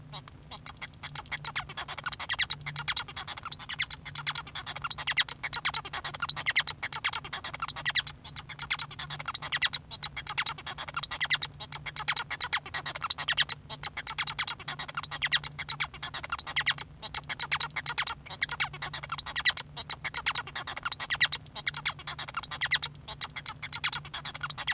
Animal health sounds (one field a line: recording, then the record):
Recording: song of a male Bengalese finch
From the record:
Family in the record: son of father 1